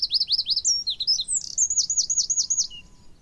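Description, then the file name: Eurasian wren song, a fast series of high, sharply down-slurred notes delivered in quick rattling runs, loud and continuous for about three seconds. "Troglodytes troglodytes"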